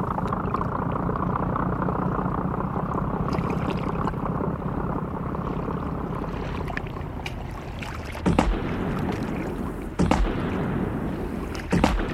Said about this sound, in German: Sie hörten, wie er ihr Boot im Bogen umfuhr.